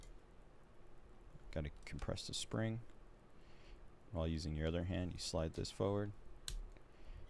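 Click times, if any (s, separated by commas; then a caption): 6.5 s. A spring assembly is fitted into the hop-up/nozzle area of an airsoft Hi-Capa pistol: the spring is compressed with one hand while the part is slid forward with the other. Someone talks, then a sharp click is heard at 6.5 seconds as the assembly snaps into place and is seated.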